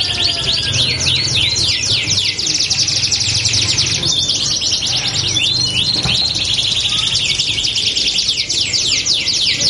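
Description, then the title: Belgian canary song: long, steady run of fast high trills and downward-sweeping notes, with a faint low hum underneath. Belgian canary song used as a lure to warm up canaries so they start singing along within seconds. "Canto Para Esquentar Canário Belga. LANGSUNG NYAUT. Pancingan suara kenari hitungan detik langsung ikut bunyi"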